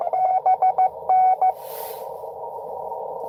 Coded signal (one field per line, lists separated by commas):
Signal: Morse code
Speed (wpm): 22 wpm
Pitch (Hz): 720 Hz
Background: radio noise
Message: BN